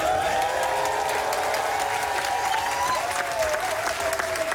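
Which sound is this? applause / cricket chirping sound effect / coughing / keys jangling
applause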